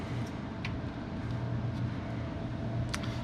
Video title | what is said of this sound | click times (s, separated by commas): We pre-built this...now let's actually build it! | We still haven't clicked in place yet, and I don't know what that's about. | none